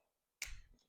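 A brake booster's pushrod plunger is eased back out with pliers and pulled all the way out. A sharp tick at 0.4 s marks the plunger coming fully free, followed by a short decaying rattle.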